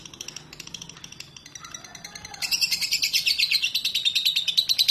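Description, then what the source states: Lovebird calls, soft scattered chirps at first, then a sudden loud stream of rapid, shrill chirping after about two and a half seconds. Konslet song type.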